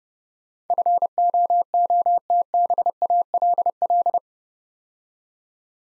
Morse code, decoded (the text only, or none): FOOTBALL